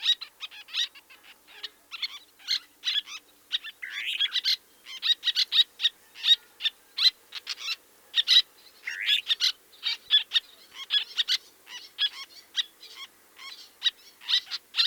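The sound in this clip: Birds singing, a busy stream of sharp high chirps and quick rising trills, tumbling over one another without pause for the whole stretch.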